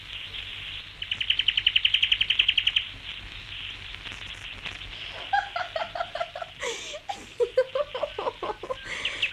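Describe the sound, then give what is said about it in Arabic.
A small bird chirps in a rapid, high-pitched trill, then breaks into a run of short, bright warbling notes that rise and fall in quick bursts. “عصفور يا صغير يا طير ورمل، أنا صغيرة زيك، اسمي تشكر، أشرب مورد وأكل سكر، ولما أضحك أكركر.”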